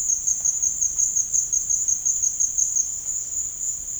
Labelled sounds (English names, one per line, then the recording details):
none
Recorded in dense forest near Puerto Asís, Putumayo, Colombia, on 22 June 2025 at 15:30
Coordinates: 0.481, -76.323
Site G072